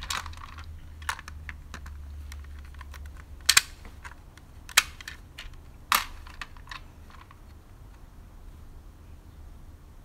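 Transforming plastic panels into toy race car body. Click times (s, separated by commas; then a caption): 3.5 s, 4.8 s, 5.9 s. Transformed plastic panels of a Kenner Shadow Strikers Typhoon Racer toy race car are pushed down and slid back into race car mode. Light plastic clicking and rattling lead to sharp clicks at 3.5, 4.8 and 5.9 seconds as the parts lock neatly into place.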